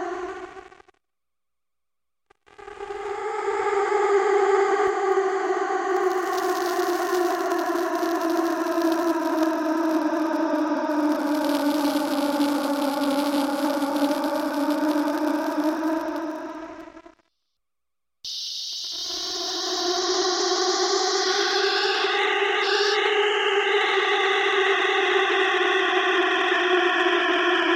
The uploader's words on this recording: Digital Insect Swarm. Raw files from sonic exploration in late march.